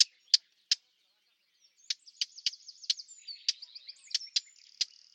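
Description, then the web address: Bird calls: three separate high chirps, then a quicker run of chirps mixed with softer warbling twitters. "cianscape birddata 2025"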